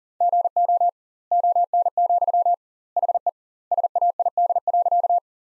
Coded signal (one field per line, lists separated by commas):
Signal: Morse code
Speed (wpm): 40 wpm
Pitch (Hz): 700 Hz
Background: none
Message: GO ON, HE SAID.